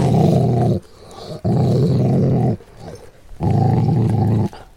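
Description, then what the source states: Dog growling, three long deep rumbling growls of about a second each, separated by short pauses. Angry dog.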